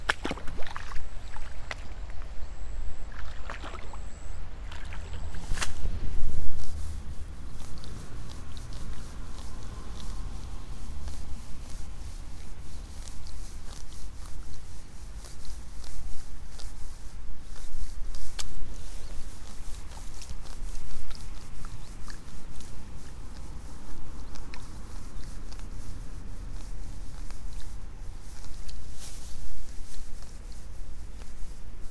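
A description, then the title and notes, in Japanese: Rice seedlings being pulled in the afternoon, with rustling, rubbing and soft splashy handling sounds repeating throughout at an uneven pace over a low steady rumble. In the first five seconds a thin, high insect buzz runs continuously, then fades beneath the work noise. イネ苗とり 午後 そろそろ虫の声。33℃\\18℃。晴れ。今季最後の苗とり。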